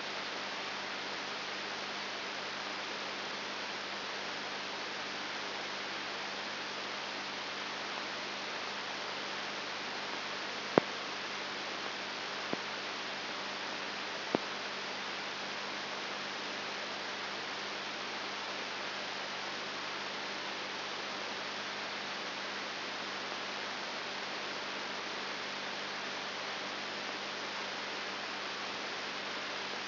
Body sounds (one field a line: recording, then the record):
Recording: brain microelectrode recording played as sound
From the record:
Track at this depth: inside the subthalamic nucleus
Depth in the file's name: 5.5 mm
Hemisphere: left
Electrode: 3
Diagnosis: Parkinson's disease